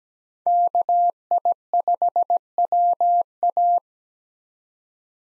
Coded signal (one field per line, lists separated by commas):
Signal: Morse code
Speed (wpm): 17 wpm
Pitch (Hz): 700 Hz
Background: none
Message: KI5WA